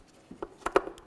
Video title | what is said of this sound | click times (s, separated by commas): How to Replace Taillight 2002 08 Dodge RAM 1500 | Click it in, lock it, give it a nice tug. | 0.7 s, 0.8 s